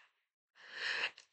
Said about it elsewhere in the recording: I heard one of my little boys sneeze. It wasn't just a basic achoo. There was a sound that accompanied this sneeze that said, this is going to require cleanup on aisle 13.